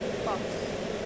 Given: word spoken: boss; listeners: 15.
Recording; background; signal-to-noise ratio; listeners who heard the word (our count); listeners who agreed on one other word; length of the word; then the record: one English word in noise, from a listening test; speech-shaped noise; -6.0 dB; 3 of 15; 9 of 15; 0.66 s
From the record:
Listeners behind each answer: 9, 3, 2, 1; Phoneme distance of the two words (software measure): 7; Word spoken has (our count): 1 syllable, 3 phonemes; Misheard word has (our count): 1 syllable, 4 phonemes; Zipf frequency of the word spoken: 4.68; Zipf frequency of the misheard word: 5.12